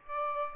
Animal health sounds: mosquito wingbeat signal from an infrared sensor; Aedes aegypti

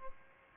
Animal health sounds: mosquito wingbeat signal from an infrared sensor; Aedes albopictus

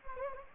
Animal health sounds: mosquito wingbeat signal from an infrared sensor; Anopheles gambiae

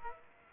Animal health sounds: mosquito wingbeat signal from an infrared sensor; Aedes aegypti

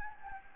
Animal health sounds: mosquito wingbeat signal from an infrared sensor; Anopheles gambiae

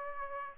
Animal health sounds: mosquito wingbeat signal from an infrared sensor; Aedes aegypti

